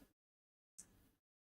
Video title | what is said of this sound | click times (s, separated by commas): Building Gumdans | oh nice very satisfying click actually | 0.8 s